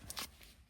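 A release button is pressed on a magnetically attached controller on the side rail of a Nintendo Switch 2 handheld console, and the controller is pushed out of the rail. A sharp click at 0.1 s is followed by a louder, longer click at 0.2 s, then a faint softer sound near 0.4 s. The controller is released from the console.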